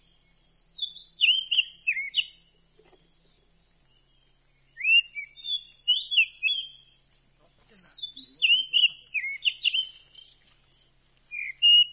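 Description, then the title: Oriental magpie-robin singing several phrases of sweet, varied whistles with quick slurred notes, separated by short pauses. "Kacer"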